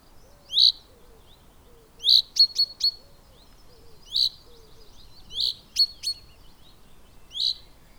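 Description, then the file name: Common chaffinch giving short, sharp, high calls, singly and in brief clusters, over faint low notes. "Fringilla coelebs"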